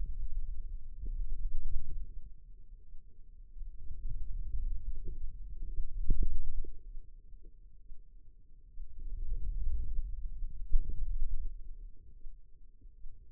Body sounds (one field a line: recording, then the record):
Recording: forearm muscle sounds (acoustic myography)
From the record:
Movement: wrist extension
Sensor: system 2, bracelet of six BSWA MPA416 microphones around the upper forearm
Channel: 3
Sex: female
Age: 25 years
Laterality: right